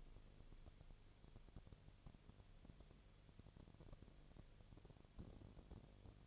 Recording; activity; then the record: daily activity, microphone in the room; no activity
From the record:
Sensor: 4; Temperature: 22.4 degrees Celsius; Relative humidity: 31.0%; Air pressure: 1004.1 hPa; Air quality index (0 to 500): 85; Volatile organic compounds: 1 ppm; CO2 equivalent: 772 ppm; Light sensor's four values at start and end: 2/3/1/1 and 2/3/1/1